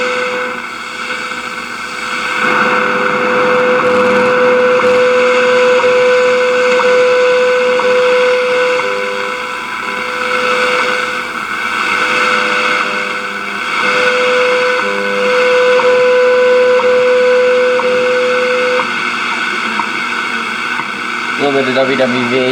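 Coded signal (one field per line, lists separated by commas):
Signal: radio time signal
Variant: WWV and WWVH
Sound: steady mid-pitched tone with faint clicks each second, under hissing static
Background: radio static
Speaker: A little bit of WWVH Hawaii in there as well. So that's 10 megahertz.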